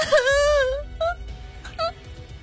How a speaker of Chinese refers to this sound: 丽丽大哭了起来，但很快被坚强捂住嘴，压下了哭声。